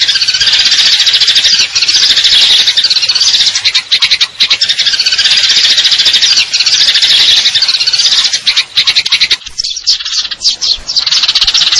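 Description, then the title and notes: Eurasian tree sparrow pouring out constant high chirps and long trills, with scattered short breaks and sharper notes toward the end. Fighting call with long trills; clear sound, masteran training for contest birds. "GEREJA TARUNG NEMBAK PANJANG SUARA JERNIH MASTERAN BURUNG LOMBA. Burung Gereja"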